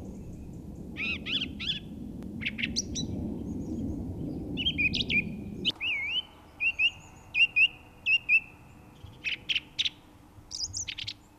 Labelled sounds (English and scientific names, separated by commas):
Song Thrush (Turdus philomelos) song